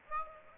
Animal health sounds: mosquito wingbeat signal from an infrared sensor; Aedes aegypti

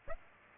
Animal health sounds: mosquito wingbeat signal from an infrared sensor; Aedes aegypti

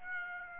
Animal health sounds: mosquito wingbeat signal from an infrared sensor; Aedes aegypti

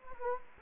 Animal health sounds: mosquito wingbeat signal from an infrared sensor; Anopheles gambiae

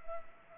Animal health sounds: mosquito wingbeat signal from an infrared sensor; Culex pipiens

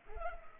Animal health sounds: mosquito wingbeat signal from an infrared sensor; Culex pipiens

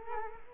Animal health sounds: mosquito wingbeat signal from an infrared sensor; Culex quinquefasciatus

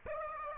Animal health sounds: mosquito wingbeat signal from an infrared sensor; Aedes aegypti

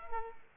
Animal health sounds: mosquito wingbeat signal from an infrared sensor; Culex pipiens

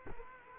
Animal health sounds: mosquito wingbeat signal from an infrared sensor; Culex quinquefasciatus

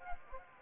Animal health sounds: mosquito wingbeat signal from an infrared sensor; Anopheles gambiae

